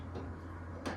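While a Hansshow aftermarket power trunk is being set up, the trunk latch in a car trunk lid is engaged by hand, with a steady low hum in the background and a brief, sharp knock near 0.9 s. The latch has not yet clicked or seated.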